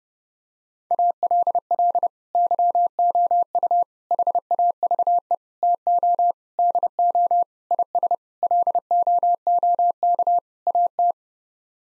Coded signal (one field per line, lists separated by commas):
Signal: Morse code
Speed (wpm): 32 wpm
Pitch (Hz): 700 Hz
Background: none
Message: ALL YOU HAVE TO DO IS LOOK AT